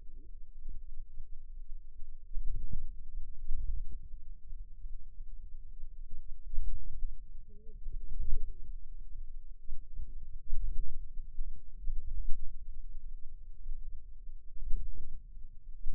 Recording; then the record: forearm muscle sounds (acoustic myography)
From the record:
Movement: ulnar deviation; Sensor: system 2, bracelet of six BSWA MPA416 microphones around the upper forearm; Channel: 1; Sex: female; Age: 21 years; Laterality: right